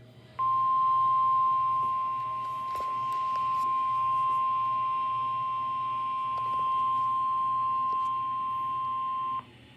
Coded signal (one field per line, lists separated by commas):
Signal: Emergency Alert System (SAME) tones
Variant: 1050 Hz attention tone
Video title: 4th Severe Weather Statement (EAS #373)